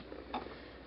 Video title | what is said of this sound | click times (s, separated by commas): Infinity Iyashi Massage Chair Assembly Instructions | Push it in until it clicks, | 0.3 s